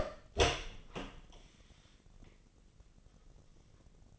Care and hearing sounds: daily activity, microphone in the room; open door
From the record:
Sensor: 4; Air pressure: 1013.2 hPa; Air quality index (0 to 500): 176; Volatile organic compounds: 2 ppm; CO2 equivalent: 1112 ppm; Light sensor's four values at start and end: 74/179/76/77 and 95/238/99/106

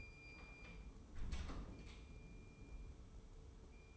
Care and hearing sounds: daily activity, microphone in the room; close door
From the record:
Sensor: 1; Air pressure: 1015.2 hPa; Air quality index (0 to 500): 116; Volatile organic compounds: 4 ppm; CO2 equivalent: 1574 ppm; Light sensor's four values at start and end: 14/33/14/15 and 14/33/14/15

